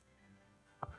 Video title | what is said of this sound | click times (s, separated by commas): 新品 竹谷隆之×鬼木佑二 赤鬼武士 铁血战士 特别版 Hot Toys AC06B Alien vs Predator Akaoni Samurai Predator Special Edition | 很好吸直接卡上去就可以了 | 0.8 s